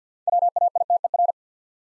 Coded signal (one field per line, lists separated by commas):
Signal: Morse code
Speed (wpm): 48 wpm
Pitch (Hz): 700 Hz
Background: none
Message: WAITER